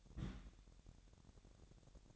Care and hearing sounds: daily activity, microphone in the room; place on stove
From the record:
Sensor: 3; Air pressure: 1012.0 hPa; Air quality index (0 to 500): 217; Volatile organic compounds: 4 ppm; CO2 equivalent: 1619 ppm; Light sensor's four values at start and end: 94/221/92/82 and 93/221/91/82

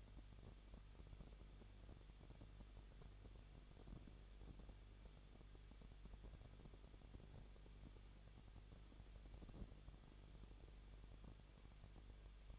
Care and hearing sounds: daily activity, microphone in the room; no activity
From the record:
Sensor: 4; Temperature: 23.0 degrees Celsius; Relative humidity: 34.4%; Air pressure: 1007.3 hPa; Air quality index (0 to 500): 217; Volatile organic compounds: 15 ppm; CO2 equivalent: 2515 ppm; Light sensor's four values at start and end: 2/3/1/1 and 2/3/1/1

